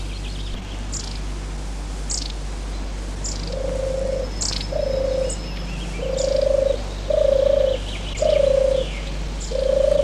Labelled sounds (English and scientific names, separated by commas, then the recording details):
European Turtle Dove (Streptopelia turtur) song
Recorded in the wild
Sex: male
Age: adult
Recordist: Meyer, Hugo